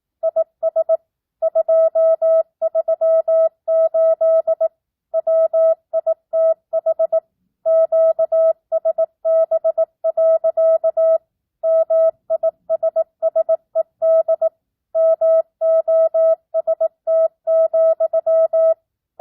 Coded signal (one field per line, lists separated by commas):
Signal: Morse code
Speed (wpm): 18 wpm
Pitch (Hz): 650 Hz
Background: none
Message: IS 238 WITH QSB. MISSED MOST,